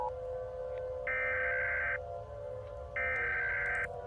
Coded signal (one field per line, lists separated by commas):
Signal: Emergency Alert System (SAME) tones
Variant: header bursts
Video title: i rated a few eas alarms part 2